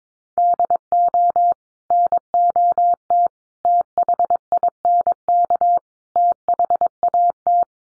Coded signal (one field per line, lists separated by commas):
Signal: Morse code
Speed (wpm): 22 wpm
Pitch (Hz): 700 Hz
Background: none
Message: DO NOT THINK THAT